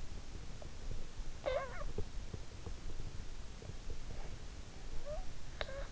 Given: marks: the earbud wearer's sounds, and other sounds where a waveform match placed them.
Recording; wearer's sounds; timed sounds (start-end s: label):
sounds in sleep by an in-ear microphone; breath
1.41-1.93 s: breath
5.38-5.88 s: breath